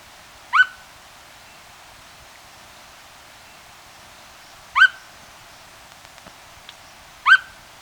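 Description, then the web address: Unicolored Tapaculo giving single short downslurred calls, three notes spaced about two to four seconds apart against a quiet background. Recorded in Ecuador. "S America Birds of Ecuador 2. Unicolored Tapaculo"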